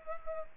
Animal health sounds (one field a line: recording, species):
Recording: mosquito wingbeat signal from an infrared sensor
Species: Culex pipiens